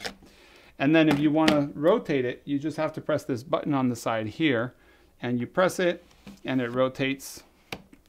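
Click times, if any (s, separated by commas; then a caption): 7.7 s. Someone talks while pressing the side button on a Linhof Technika 4x5 camera and turning the rotating film back in the camera's rear standard from landscape to portrait. A sharp click at 7.7 s marks the back snapping and locking into place, followed by a couple of faint ticks.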